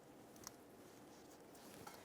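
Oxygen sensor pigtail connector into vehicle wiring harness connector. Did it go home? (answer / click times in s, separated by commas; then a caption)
yes / 0.5 s. The male and female plastic connectors of a new upstream oxygen sensor and the wiring harness of a 1999-2004 Jeep Grand Cherokee are lined up and squeezed together. A sharp, very short click at 0.5 s marks the connector seating, and a softer tap follows at 1.9 s over a steady low background hiss.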